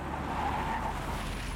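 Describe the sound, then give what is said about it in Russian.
A car brakes hard in a residential area, its tires letting out a single sustained, wavering squeal for nearly a second over a steady low engine rumble and road noise, with no voices. “Это он! Тормози!”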